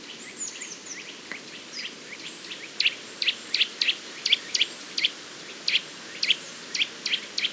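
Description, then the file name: Eurasian nuthatch giving faint thin notes at first, then louder clipped 'twit' calls in a quick series. "Sitta europaea"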